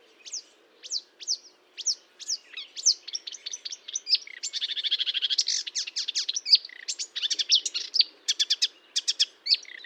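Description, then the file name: Marsh warbler song opening with several clear downslurred whistles, then a dense buzzy trill and a rush of scratchy notes. Recorded at Fontaine-Française (Fourneau), France, on 1 June 2022 at 10:55, using a Nagra recorder with a Telinga parabolic microphone. "Rousserolle verderolle 20220601 1055 Fontaine-Francaise-Fourneau-Nagra-Telinga"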